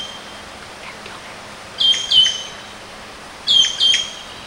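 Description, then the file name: Javan green magpie calls: two bursts of shrill, high whistled notes, each a quick double note, about 1.7 seconds apart against quiet background hiss. Known locally as ekek keling. "suara burung cissa thalassina ekek keling"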